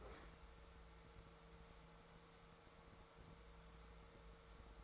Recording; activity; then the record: daily activity, microphone in the room; open fridge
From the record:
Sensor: 3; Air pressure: 1014.9 hPa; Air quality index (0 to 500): 200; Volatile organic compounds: 29 ppm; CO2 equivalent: 2929 ppm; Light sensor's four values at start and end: 13/33/13/14 and 12/30/12/12